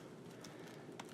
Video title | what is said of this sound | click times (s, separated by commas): Bell Super 3R modular MTB helmet Review | unsnap just the back end of the | 0.5 s, 1.0 s